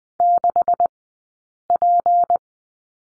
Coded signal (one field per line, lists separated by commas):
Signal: Morse code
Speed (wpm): 20 wpm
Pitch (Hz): 700 Hz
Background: none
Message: 6P